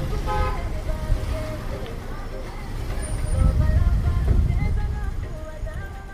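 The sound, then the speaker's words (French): Steady rumble of road traffic on the potholed, dilapidated stretch of National Road 3 (Bujumbura-Rumonge) in the south of Bujumbura, Burundi, with engines swelling midway and a few short car horn toots sounding over the din, while indistinct voices murmur in the background. “Nous sommes sur la route nationale numéro 3, Bujumbura-Rumonge, dans sa partie délabrée.”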